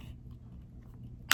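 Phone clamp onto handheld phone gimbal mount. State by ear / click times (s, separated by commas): seated / 1.3 s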